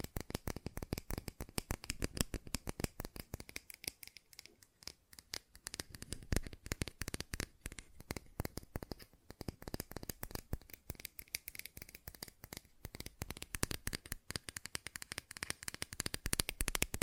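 Fast tapping runs through the whole clip as dense, rapid clicks, crisp and sharp across lows and highs. The pace stays quick throughout, thinning slightly and growing quieter around four to six seconds before picking back up and strengthening toward the end.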